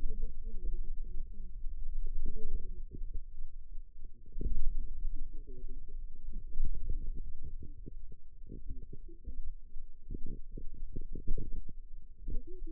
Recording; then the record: forearm muscle sounds (acoustic myography)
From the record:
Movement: pen grasping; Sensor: system 2, bracelet of six BSWA MPA416 microphones around the upper forearm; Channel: 6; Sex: female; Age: 21 years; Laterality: right